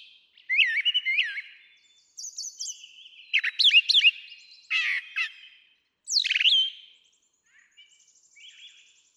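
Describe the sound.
Brown Thrasher song: varied phrases of looping slurred notes, rapid chirps and buzzes, some repeated, ending in softer, thinner notes.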